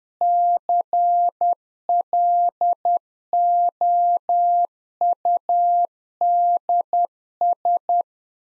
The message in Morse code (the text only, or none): CLOUDS